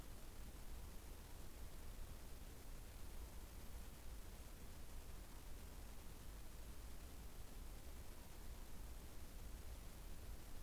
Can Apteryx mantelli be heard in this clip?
no